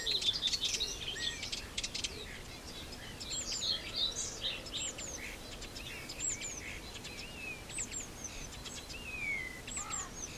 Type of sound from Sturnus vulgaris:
song